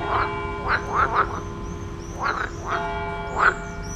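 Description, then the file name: Frog calls in short nasal bursts, a few scattered croaks over a steady tonal hum in the background. "Froesche"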